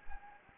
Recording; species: mosquito wingbeat signal from an infrared sensor; Anopheles gambiae